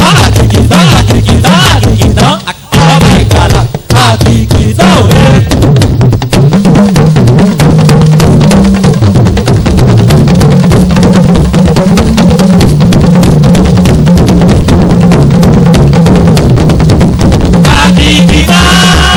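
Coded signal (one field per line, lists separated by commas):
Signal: talking drum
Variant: Yoruba dundun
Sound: rapid drum strokes with low pitch bending up and down, in a dense ensemble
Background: music ensemble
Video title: Oriki Olorun Akiikitan on Talking Drums with Drumsvoice of Jesus @ Baptist Night Of Wonders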